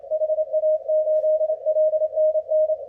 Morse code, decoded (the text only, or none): HA8LNN